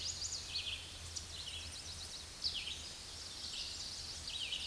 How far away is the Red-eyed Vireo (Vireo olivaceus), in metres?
about 25 m